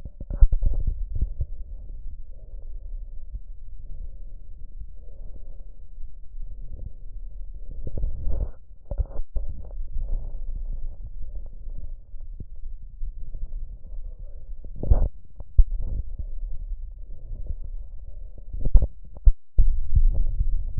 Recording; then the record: lung sounds by stethoscope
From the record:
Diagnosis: chronic bronchitis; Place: left posterior upper chest